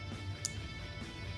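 A plastic CGM transmitter for a 670G insulin pump system is pushed onto the glucose sensor base on the skin until it snaps. A single sharp click at 0.5 s stands out over steady background music. The transmitter is seated and snapped in.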